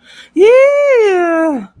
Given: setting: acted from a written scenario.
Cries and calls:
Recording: vocal sound without words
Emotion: triumph

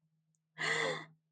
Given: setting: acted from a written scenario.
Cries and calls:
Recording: vocal sound without words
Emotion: amusement

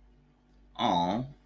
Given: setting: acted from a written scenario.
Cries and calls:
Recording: vocal sound without words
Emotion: adoration

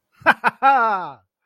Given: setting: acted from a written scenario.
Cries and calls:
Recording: vocal sound without words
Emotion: triumph

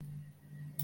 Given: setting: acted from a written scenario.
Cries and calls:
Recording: vocal sound without words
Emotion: negative surprise

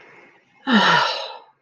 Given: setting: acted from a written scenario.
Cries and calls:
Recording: vocal sound without words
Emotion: contentment

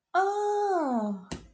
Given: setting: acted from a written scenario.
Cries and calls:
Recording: vocal sound without words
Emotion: realization

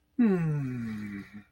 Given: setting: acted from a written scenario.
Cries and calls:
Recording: vocal sound without words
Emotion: contentment

